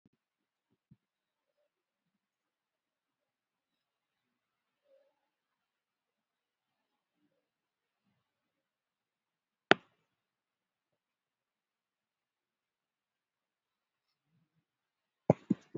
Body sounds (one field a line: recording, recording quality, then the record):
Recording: shallow breathing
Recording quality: poor, much background noise or distortion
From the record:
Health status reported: COVID-19 positive, moderate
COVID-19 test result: positive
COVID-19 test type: RT-PCR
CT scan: not taken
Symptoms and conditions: cough, fever, muscle pain, loss of smell and taste, hypertension, diabetes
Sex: female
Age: 54 years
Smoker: no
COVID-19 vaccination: both doses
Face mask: worn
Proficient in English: yes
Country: India